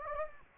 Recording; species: mosquito wingbeat signal from an infrared sensor; Anopheles gambiae